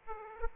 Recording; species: mosquito wingbeat signal from an infrared sensor; Aedes aegypti